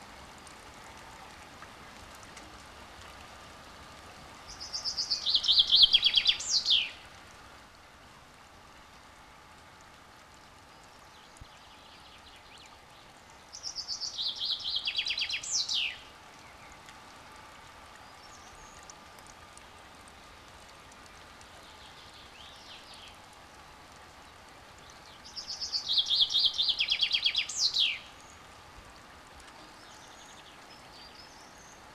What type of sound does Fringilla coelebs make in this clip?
song